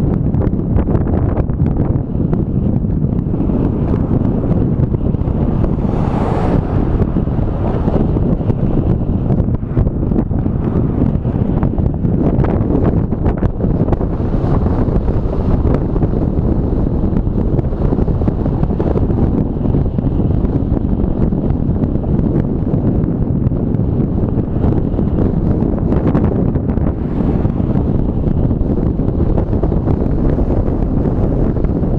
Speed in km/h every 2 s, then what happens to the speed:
13, 14, 14, 14, 15, 15, 16, 17, 17, 18, 19, 19, 20, 21, 21, 21.
0-32 steady at about 17.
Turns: none.